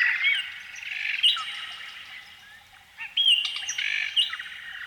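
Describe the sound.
Canary song in short bursts of bright chirps and whistled slurs, quieter in the middle, with a steady faint hum beneath.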